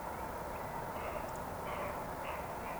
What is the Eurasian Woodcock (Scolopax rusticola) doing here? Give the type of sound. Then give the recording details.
whistle. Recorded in Baden-Württemberg, Germany, on 25 June 2020 at 19:44 UTC. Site 14569, 102 m above sea level